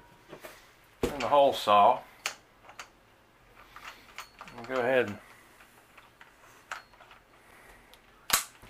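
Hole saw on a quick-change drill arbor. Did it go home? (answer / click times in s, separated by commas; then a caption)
yes / 8.3 s. A metal hole saw is threaded onto its quick-change drill arbor and snapped into the locking position while someone talks. Small taps and clicks of handling are heard between the speech. A loud, sharp click at 8.3 s marks the saw locking into place on the arbor.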